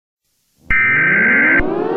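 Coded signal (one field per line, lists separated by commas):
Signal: Emergency Alert System (SAME) tones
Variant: header bursts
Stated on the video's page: Fictional alert scenario, not a real activation.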